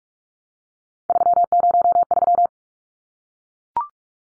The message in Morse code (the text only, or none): 303